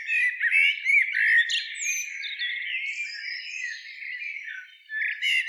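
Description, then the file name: Eurasian blackbird giving chattering calls and squeaky notes, loud at the start, with a short pause before the calling resumes. "Turdus merula"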